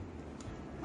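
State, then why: Seated. The rotating nosepiece of a lab microscope is turned to bring the objective lens into place, and a short, sharp detent click sounds at 0.4 s over a steady background hum. The objective clicks into position and is seated, meaning the nosepiece has stopped and should not be forced further.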